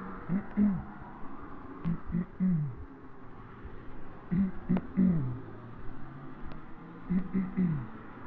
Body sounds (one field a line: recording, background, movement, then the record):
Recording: throat clearing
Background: traffic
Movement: walking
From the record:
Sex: male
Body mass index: 20.5 kg/m2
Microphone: on the chest, facing the body